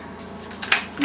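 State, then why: Seated. A top rail arm of an Eddie Bauer Pack 'n Play travel playard is pulled up as high as it goes into its center hinge lock. A few soft knocks lead to a sharp plastic click at 0.7 s as the arm locks into place, followed by another knock near the end.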